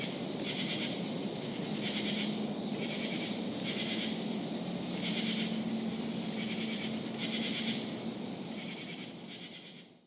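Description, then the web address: Cricket chorus with a continuous shrill trill and repeated pulsing bursts, plus a faint low hum, fading out at the end. Crickets calling at night; Savannah. "lynne-publishing Night Crickets Savannah"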